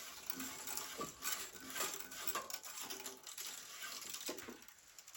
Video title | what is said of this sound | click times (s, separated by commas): How to restring a Wilson Blade Pro H22 | See now when I'm pulling the string I you don't what's happened here? It didn't catch for some reason. | none